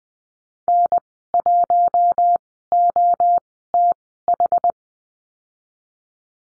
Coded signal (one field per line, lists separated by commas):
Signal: Morse code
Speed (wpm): 20 wpm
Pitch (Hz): 700 Hz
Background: none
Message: N1OTH